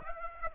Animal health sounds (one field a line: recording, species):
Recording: mosquito wingbeat signal from an infrared sensor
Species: Aedes aegypti